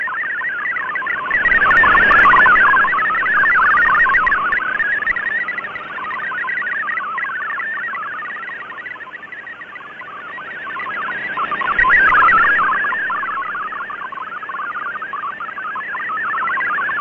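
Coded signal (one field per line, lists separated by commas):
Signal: multi-tone FSK (Olivia or MFSK type)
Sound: rapid warbling tone jumping quickly between pitches, steady throughout, under shortwave hiss with fading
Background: shortwave static, fading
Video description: For a simple test, extract the audio track from this video and decode it using FLDIGI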